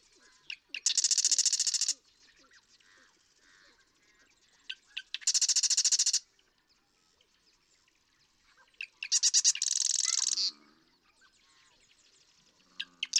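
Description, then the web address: Marsh Wren singing three times, each song a quick dry rattle of repeated notes after some ticking lead-in notes, with soft chattering between songs. "birdsongforthecurious Marsh Wren"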